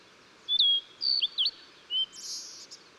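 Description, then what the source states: Blue-and-white flycatcher song: several looping whistled notes, a lower short whistle, then a fading rasping buzz at the end. Recorded 14 June 2009.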